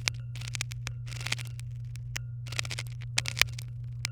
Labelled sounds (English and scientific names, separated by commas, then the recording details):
Domestic Canary (Serinus canaria) song
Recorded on 23 April 2018 at 18:02
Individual llb3